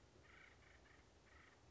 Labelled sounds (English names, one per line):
Acorn Woodpecker